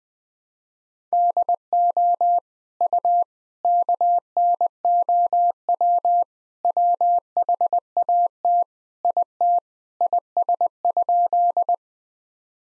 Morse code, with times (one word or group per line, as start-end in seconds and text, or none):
1.1-2.4 DO
2.8-3.2 U
3.6-6.2 KNOW
6.6-8.6 WHAT
9.0-9.6 IT
10.0-11.7 IS?